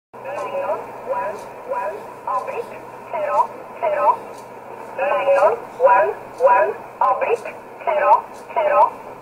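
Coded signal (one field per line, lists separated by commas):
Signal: numbers station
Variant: E11 Oblique, English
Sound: a single voice reading short words at an even pace over a shortwave radio channel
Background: radio static, low hum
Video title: 12 08 2017 Numbers station E11 Oblique in English to Eu 1347 on 15825 in USB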